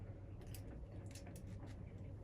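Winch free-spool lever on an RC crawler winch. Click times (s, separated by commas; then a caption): 0.6 s. On a Boom Racing BRX02 RC crawler truck, the plastic free-spool lever on the scale winch is slid back under the body into its locked position. A sharp click at 0.5 s is followed by a few softer clicks and rattles around 1.1–1.4 s, over a low background hum. The lever clicks and locks back into place.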